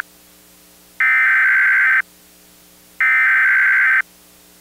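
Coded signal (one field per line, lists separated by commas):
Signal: Emergency Alert System (SAME) tones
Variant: header bursts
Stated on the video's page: Remake of a 1999 Required Monthly Test on a cable system, recreated rather than original.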